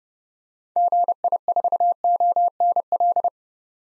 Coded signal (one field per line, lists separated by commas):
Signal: Morse code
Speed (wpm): 30 wpm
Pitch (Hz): 700 Hz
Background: none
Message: GI4ONL